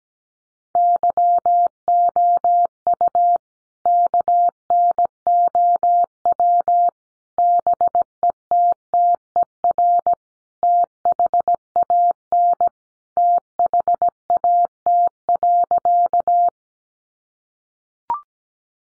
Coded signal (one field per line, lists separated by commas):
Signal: Morse code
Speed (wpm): 17 wpm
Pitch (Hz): 700 Hz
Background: none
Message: YOU KNOW BETTER THAN THAT.